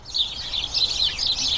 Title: Sound Escape. the soothing conversations of a flock of house sparrows